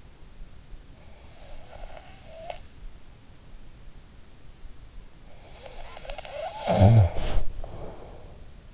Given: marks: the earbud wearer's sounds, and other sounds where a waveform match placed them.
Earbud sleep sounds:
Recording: sounds in sleep by an in-ear microphone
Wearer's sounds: breath, snoring breath, body movement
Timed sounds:
1.08-3.08 s: breath
5.26-8.46 s: snoring breath
6.94-8.74 s: body movement

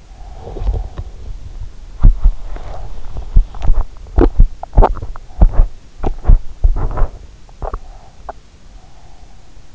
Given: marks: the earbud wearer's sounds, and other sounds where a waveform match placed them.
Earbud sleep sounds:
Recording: sounds in sleep by an in-ear microphone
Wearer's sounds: breath, body movement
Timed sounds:
0.06-1.35 s: breath
2.00-8.66 s: body movement
7.75-9.75 s: breath

